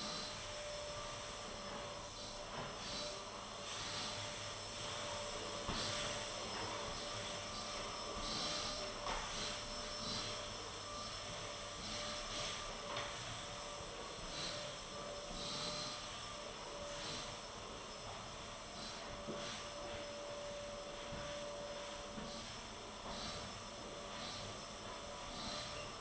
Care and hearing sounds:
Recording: daily activity, microphone in the room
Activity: vacuum cleaning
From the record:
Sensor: 4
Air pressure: 1012.7 hPa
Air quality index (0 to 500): 249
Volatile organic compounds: 5 ppm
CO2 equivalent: 1706 ppm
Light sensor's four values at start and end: 12/28/11/10 and 12/28/11/10

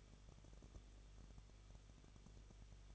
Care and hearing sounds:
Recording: daily activity, microphone in the room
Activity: no activity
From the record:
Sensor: 4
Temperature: 23.1 degrees Celsius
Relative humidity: 34.0%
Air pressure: 1007.2 hPa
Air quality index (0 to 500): 216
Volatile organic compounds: 15 ppm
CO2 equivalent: 2489 ppm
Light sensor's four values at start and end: 2/3/1/1 and 2/3/1/1

